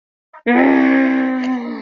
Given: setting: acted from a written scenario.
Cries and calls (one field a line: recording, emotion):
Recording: vocal sound without words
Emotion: anger